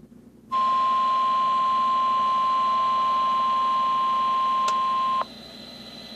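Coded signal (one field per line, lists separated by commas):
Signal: Emergency Alert System (SAME) tones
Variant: 1050 Hz attention tone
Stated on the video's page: Severe Thunderstorm Watch received on a Capello weather radio at its high alert volume.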